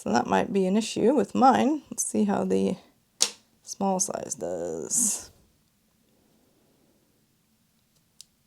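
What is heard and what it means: Someone talks, then goes quiet while a small-size watch band connector is slid into the band slot of an Apple Watch SE case (40mm, Space Gray Aluminum). A single faint, sharp click at 8.2 s marks the band latching and seating in place.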